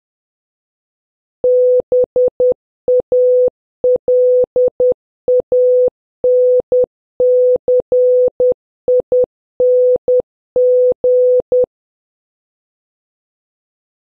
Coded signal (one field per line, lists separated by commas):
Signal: Morse code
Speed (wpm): 10 wpm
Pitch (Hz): 500 Hz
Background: none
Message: BALANCING